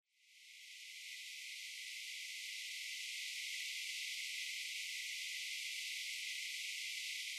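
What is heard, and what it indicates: Simulated atonal tinnitus: a steady broadband hiss confined to high frequencies above about 2 kHz, fading in over the first second and then holding constant, an example of the sound or noise a person with tinnitus may hear in their head.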